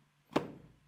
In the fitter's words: Just clicks in place. No force required whatsoever.